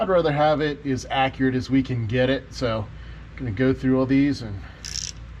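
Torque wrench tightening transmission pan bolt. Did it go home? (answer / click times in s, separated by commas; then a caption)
yes / 4.9 s, 5.0 s, 5.1 s. An inch-pound torque wrench set to 144 in-lb (12 ft-lb) tightens a transmission pan bolt on a 700R4 while someone talks. Near the end the wrench breaks over with a quick run of sharp clicks at 4.9, 5.0, 5.0 and 5.1 seconds, confirming the bolt is at the set torque.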